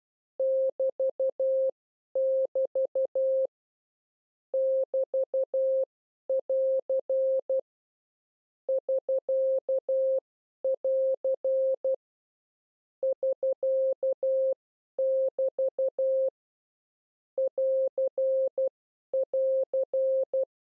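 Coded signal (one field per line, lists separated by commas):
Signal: Morse code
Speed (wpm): 12 wpm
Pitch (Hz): 530 Hz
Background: none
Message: <BT><BT> <BT><AR> <SK><AR> <SK><BT> <AR><AR>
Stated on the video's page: CW learning lesson on the prosigns AR, SK and BT.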